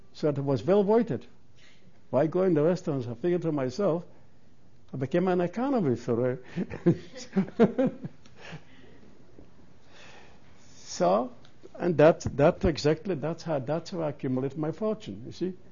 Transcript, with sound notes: So it was well worth it. Why go in the restaurant, I figured to myself? I became an economist. ( he laughs ) So and that, that's exactly how I accumulated my fortune, you see.